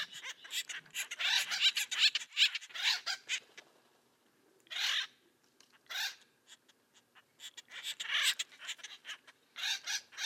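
Bird giving dense, fast runs of harsh chattering squawks, broken by quiet pauses.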